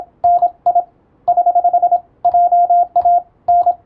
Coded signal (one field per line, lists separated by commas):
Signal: Morse code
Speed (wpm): 27 wpm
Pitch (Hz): 700 Hz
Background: radio noise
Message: NI <HH> JA N